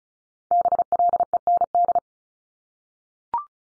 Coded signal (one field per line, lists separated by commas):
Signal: Morse code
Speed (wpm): 36 wpm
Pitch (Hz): 700 Hz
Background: none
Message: BLEND